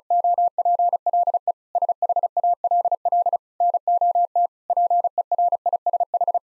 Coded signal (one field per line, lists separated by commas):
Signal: Morse code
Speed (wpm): 36 wpm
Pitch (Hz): 700 Hz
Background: none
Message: OPLE SHALL NOT PERISH